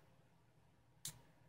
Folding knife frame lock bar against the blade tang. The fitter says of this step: can hear that click so it's not that bad but it still is an issue